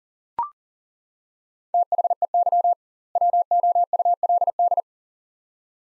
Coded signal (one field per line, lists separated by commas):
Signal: Morse code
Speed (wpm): 40 wpm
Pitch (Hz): 700 Hz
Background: none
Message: THEY WOULD